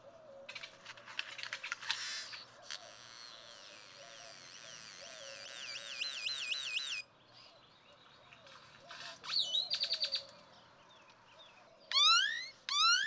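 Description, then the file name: Great-tailed grackle song of wavering whistles, a buzzy rattle, and two sharply rising notes at the end, over steady background hiss. "Great-tailed Grackle"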